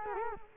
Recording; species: mosquito wingbeat signal from an infrared sensor; Culex quinquefasciatus